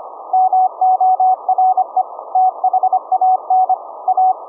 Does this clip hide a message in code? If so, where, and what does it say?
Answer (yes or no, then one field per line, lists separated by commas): yes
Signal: Morse code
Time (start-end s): 0.3-4.3 s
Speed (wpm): 25 wpm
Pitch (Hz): 750 Hz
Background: none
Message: MORE THAN A